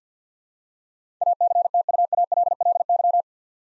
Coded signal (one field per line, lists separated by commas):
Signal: Morse code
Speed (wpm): 50 wpm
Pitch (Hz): 700 Hz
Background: none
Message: ACTUALLY